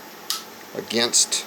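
A weapon light's rail mount clamp is tightened against a firearm's Picatinny rail by turning its pulled-out ratcheting gear knob. A sharp tick is heard at 0.3 s, and afterward someone talks. The mount ratchets tight and the gears lock into place, seating the clamp on the rail.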